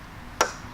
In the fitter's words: You hear that? That's the clip popping off the groove